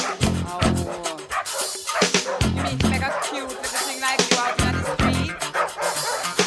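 A dog barks in short, repeated bursts, mixed into a loud, dense wash of other sound with voices underneath.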